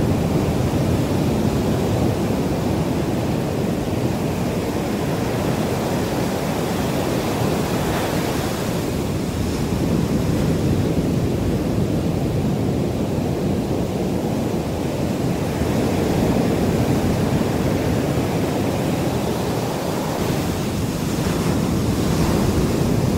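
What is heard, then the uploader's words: Ocean sounds as a steady, dense low roar of surf, with softer swells around nine and twenty seconds and faint wind hiss throughout. Ocean sounds.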